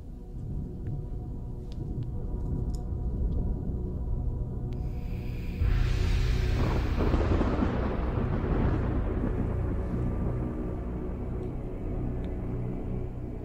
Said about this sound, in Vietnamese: Lúc này trên bầu trời của Thương Minh, đột nhiên xuất hiện một trận mưa sao băng dồn dập. Kéo theo cái trận mưa sao băng kinh hoàng đó thì tất cả mọi nơi đều dường như là bị chấn động ầm ĩ.